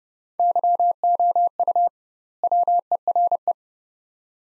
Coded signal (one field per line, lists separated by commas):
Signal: Morse code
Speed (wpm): 31 wpm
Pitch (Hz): 700 Hz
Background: none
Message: YOU WERE